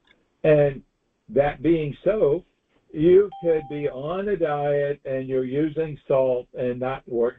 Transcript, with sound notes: and that being so, you could be (bell dings) on a diet and you're using salt and not work...